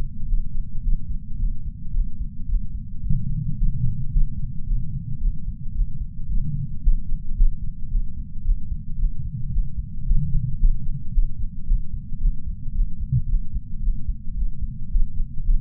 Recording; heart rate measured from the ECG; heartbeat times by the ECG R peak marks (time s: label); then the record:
heart sounds by patch sensor on the chest; 111 bpm
0.28 s: heartbeat
0.83 s: heartbeat
1.38 s: heartbeat
1.93 s: heartbeat
2.48 s: heartbeat
3.02 s: heartbeat
3.57 s: heartbeat
4.11 s: heartbeat
4.66 s: heartbeat
5.20 s: heartbeat
5.74 s: heartbeat
6.28 s: heartbeat
6.82 s: heartbeat
7.36 s: heartbeat
7.90 s: heartbeat
8.44 s: heartbeat
8.98 s: heartbeat
9.52 s: heartbeat
10.05 s: heartbeat
10.59 s: heartbeat
11.13 s: heartbeat
11.67 s: heartbeat
12.20 s: heartbeat
12.74 s: heartbeat
13.28 s: heartbeat
13.82 s: heartbeat
14.36 s: heartbeat
14.90 s: heartbeat
15.45 s: heartbeat
From the record:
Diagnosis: coronary artery disease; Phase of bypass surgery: postoperative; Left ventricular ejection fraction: 58.9%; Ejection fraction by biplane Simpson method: 44.4%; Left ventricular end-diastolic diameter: 54 mm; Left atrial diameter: 37 mm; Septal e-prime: 4.3 cm/s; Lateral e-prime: 5.9 cm/s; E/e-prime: 16.9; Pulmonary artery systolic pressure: 25 mmHg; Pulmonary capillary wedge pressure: 7 mmHg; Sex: male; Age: 66 years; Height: 165 cm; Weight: 65 kg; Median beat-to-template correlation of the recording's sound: 0.77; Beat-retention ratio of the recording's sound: 0.99